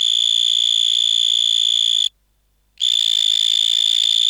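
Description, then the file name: Vine mole cricket singing a steady, high, pure-toned trill. It stops abruptly into silence for under a second, then resumes unchanged. "Gryllotalpa vineae"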